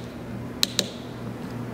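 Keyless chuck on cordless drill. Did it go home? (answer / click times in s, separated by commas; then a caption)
yes / 0.6 s, 0.8 s. Two sharp ratchet clicks at 0.6 and 0.8 seconds come from the keyless chuck of a cordless drill as it is hand-tightened on a drill bit. The clicks mark maximum grip, but the chuck is not yet locked. The background is otherwise quiet, with no talk.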